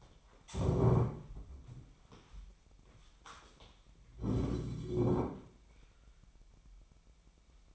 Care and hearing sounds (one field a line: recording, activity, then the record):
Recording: daily activity, microphone in the room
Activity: stand up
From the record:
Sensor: 1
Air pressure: 998.6 hPa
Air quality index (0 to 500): 117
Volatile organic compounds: 3 ppm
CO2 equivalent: 1397 ppm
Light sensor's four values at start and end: 7/18/7/8 and 7/17/7/8